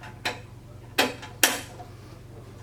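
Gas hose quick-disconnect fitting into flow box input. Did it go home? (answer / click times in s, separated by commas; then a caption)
yes / 1.0 s, 1.4 s. A gas hose quick-disconnect fitting is pushed onto the input side of a flow box, with a faint tap at about 0.3 s. Two sharp clicks follow at 1.0 s and 1.4 s as the fitting snaps into place and seats. A steady low hum runs underneath throughout.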